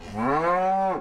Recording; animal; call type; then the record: contact call of a hoofed animal; cattle; low-frequency (closed-mouth) or high-frequency (open-mouth) call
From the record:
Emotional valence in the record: negative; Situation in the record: full separation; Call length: 1.01 s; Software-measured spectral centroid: 1200 Hz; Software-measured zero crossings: 1590 a second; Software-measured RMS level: -24 dBFS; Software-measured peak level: -13 dBFS